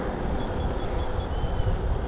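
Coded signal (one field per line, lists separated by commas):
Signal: none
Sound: scooter's beeps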